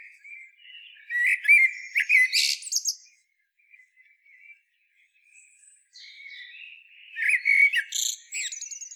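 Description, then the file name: Common blackbird song: low fluted warbling phrases around the middle register, each ending in a high squeaky twitter, two phrases separated by a quiet pause. "Turdus merula"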